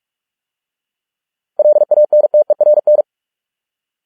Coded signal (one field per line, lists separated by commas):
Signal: Morse code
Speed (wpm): 46 wpm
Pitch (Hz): 600 Hz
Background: none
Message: LANTERN